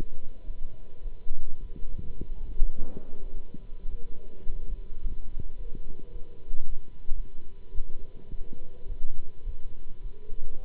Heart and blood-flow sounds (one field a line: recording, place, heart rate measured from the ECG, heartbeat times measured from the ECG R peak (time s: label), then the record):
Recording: heart sounds by stethoscope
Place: between the tricuspid and mitral areas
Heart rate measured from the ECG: 106 bpm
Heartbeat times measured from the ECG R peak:
0.44 s: heartbeat
1.02 s: heartbeat
1.59 s: heartbeat
2.17 s: heartbeat
2.75 s: heartbeat
3.33 s: heartbeat
3.89 s: heartbeat
4.45 s: heartbeat
5.01 s: heartbeat
5.56 s: heartbeat
6.11 s: heartbeat
6.65 s: heartbeat
7.14 s: heartbeat
7.73 s: heartbeat
8.29 s: heartbeat
8.86 s: heartbeat
9.43 s: heartbeat
10.01 s: heartbeat
10.60 s: heartbeat
From the record:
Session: Bruce protocol treadmill stress test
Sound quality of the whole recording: good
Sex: male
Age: 26 years